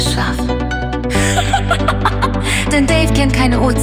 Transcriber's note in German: Raspy Laugh